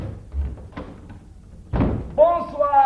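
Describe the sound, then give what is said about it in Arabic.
A couple of dull knocks sound on the door of a home as a visitor arrives, then a heavier thud as the door is pulled open, and a man's voice begins speaking right after, in a radio drama. “لما اشوف مين اللي على الباب.”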